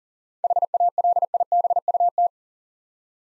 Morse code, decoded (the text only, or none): HALIBUT